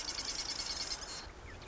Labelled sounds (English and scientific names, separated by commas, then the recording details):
Marsh Wren (Cistothorus palustris)
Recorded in Sonoma County, California